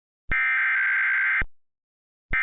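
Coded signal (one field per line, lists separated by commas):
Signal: Emergency Alert System (SAME) tones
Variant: header bursts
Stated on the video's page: Mock winter storm warning, not a real alert.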